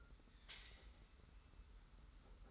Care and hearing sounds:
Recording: daily activity, microphone in the room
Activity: take from stove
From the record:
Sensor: 3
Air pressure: 991.1 hPa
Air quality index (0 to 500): 102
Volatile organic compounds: 36 ppm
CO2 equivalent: 3070 ppm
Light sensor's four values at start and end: 45/124/51/44 and 45/124/51/44

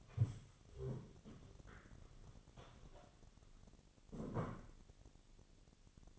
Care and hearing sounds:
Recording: daily activity, microphone in the room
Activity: stand up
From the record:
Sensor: 4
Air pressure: 1001.2 hPa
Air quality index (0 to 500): 182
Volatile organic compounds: 2 ppm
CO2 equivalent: 1300 ppm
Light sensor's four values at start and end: 14/32/13/13 and 14/32/13/13

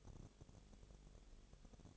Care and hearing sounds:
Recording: daily activity, microphone in the room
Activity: no activity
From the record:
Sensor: 4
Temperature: 22.0 degrees Celsius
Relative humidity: 29.4%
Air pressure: 1002.1 hPa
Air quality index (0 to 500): 60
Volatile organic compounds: 1 ppm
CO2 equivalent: 611 ppm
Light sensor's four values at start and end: 2/3/1/1 and 2/3/1/1

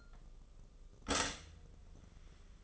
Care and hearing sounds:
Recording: daily activity, microphone in the room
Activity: stop toaster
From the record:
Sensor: 4

